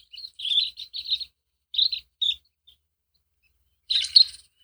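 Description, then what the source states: Least Sandpiper calls: short, high trilled chirps in quick bursts, a pause, then a final burst of chattering notes. Migrating through in late summer; flocks chat with each other to tell where they are.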